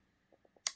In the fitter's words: that little click. That little click lets you know that that cylinder is locked.